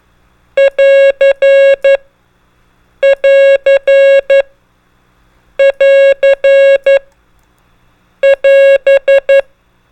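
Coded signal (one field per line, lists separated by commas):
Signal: Morse code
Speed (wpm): 11 wpm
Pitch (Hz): 550 Hz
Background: none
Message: <AR> <AR> <AR> <AS>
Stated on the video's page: Morse code trainer sending CW prosigns and most commonly used abbreviations.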